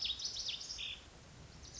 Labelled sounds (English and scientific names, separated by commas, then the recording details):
Lazuli Bunting (Passerina amoena)
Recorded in Sonoma County, California